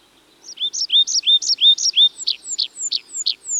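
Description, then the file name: Tree pipit song: rapid series of sharp downslurred notes, steady in rhythm, switching to thin high whistled slurs and ending with descending notes. "Tree Pipit (Anthus trivialis)"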